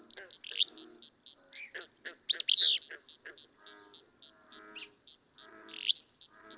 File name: Willow Flycatcher